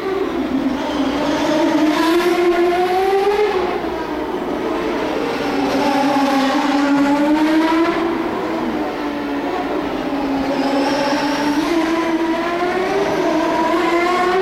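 Turbocharged V8 race cars roar steadily, engine pitch rising and falling in slow waves as they rev, with a loud continuous drone throughout.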